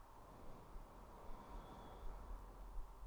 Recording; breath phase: one breath near a microphone; inhalation